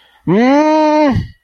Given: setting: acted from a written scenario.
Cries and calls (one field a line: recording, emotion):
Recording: vocal sound without words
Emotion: distress